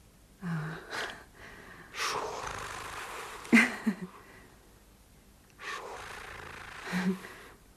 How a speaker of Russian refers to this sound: Это не он дышит. Кто? Это я дышу.